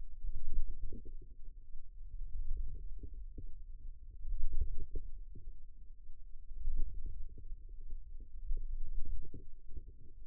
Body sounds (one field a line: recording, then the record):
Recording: forearm muscle sounds (acoustic myography)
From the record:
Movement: wrist extension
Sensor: system 2, bracelet of six BSWA MPA416 microphones around the upper forearm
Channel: 6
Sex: female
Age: 22 years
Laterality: right